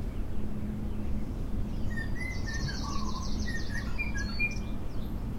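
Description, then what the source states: Birds singing, scattered whistled notes and a fast rattling trill in the middle, with a low droning hum underneath. Recorded in the morning.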